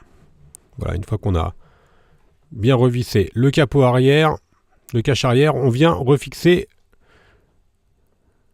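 The plastic rear cover of a Xiaomi Pocophone F1, being refitted during a battery replacement, is brought back onto the phone frame and lined up, ready to be pressed from the top and firmly around the edge so its clips snap in. Someone talks throughout, with a faint short tick near the start and another near the end. Nothing has seated or clicked yet.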